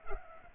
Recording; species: mosquito wingbeat signal from an infrared sensor; Culex pipiens